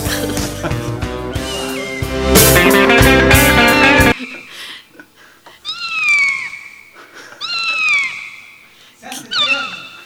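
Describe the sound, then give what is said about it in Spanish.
A few seconds of busy music cut off abruptly, followed by a cat meowing three or four times, each meow a drawn-out, high call that slides downward in pitch. “¿Qué gato pupero?”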